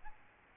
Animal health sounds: mosquito wingbeat signal from an infrared sensor; Aedes albopictus

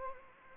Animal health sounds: mosquito wingbeat signal from an infrared sensor; Anopheles gambiae

